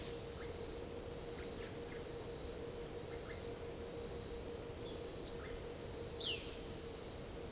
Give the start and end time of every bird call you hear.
6.19s-6.41s: bird call (1.7-4.8 kHz)

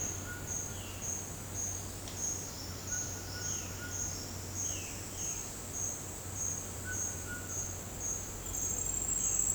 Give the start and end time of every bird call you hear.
0.75s-1.16s: bird call (2.0-3.6 kHz)
3.41s-5.49s: bird call (1.8-3.8 kHz)
6.84s-7.50s: bird call (0.6-1.8 kHz)

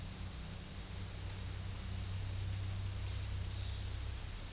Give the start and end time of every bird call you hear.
3.51s-3.97s: bird call (2.4-4.0 kHz)

